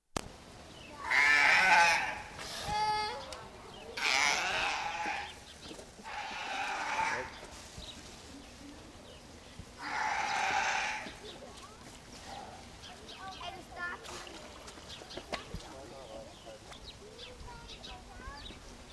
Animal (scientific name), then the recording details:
Arctocephalus pusillus. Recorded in captivity. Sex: female. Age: adult. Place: Zoo Berlin, Berlin, DE. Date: 2002-09-12 15:29. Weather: sunny, 24°C. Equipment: Nagra SN, Kopie Uher 4000 Report Monitor. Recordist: Tembrock, Günter. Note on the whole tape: Südafrikanischer Seebär (A.p.pusillus): jüngeres Weibchen: Langlaute